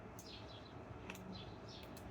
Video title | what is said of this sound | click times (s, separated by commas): A/C Compressor Replacement - 1994 Chevy K1500 (ICE COLD A/C!) | And I heard two snaps, so I think we're good. | 1.1 s